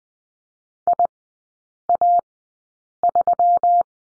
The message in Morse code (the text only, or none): IA3